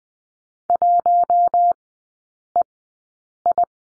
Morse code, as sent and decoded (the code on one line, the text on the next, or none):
.---- . ..
1EI